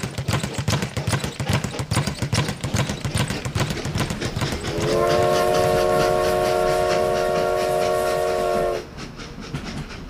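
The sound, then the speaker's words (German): A train leaving Paris heading east rumbles along with a steady rhythmic clatter of wheels, then a long, loud, multi-tone horn blares for about four seconds over the rolling noise before cutting off. “Der Zug verlässt Paris in Richtung Osten.”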